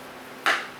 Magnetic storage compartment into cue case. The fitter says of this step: Put it on, hear it click.